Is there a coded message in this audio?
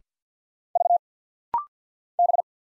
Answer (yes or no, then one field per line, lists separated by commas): yes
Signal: Morse code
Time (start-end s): 0.8-2.4 s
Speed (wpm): 50 wpm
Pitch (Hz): 700 Hz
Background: none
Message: V B